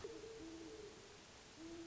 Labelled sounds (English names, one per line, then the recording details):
Great Horned Owl
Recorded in Sonoma County, California